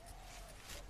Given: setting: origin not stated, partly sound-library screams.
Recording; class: one-second piece from a danger detection set; normal situation